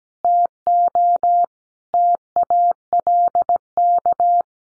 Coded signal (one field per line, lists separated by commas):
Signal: Morse code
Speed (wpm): 17 wpm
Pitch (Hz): 700 Hz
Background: none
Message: TO TALK